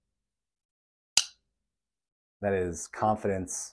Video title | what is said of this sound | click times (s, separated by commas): Tactical folding knives (Cold Steel, Gerber, Spyderco, and more) | solid I mean if you can hear that click | 1.2 s